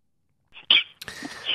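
A sudden, sharp, hissing burst of vocal noise, like a sneeze or snort, cuts in abruptly and is followed by a noisier, breathy sound, all within about a second over a phone line. It is a simple vocal tic of Tourette syndrome in an adult man. Such noises recur throughout the call, and he also twitches. He takes tablets that ease the tics.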